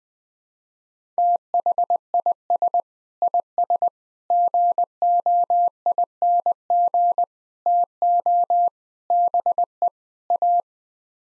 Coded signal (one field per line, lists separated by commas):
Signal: Morse code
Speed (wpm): 21 wpm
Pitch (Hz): 700 Hz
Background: none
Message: THIS IS GOING TO BE A